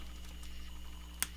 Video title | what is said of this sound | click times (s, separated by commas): EP 19 On The Bench Maxx Slash Suspension Tuning Is It Better Or Worse? | like that you hear that nice click | 1.2 s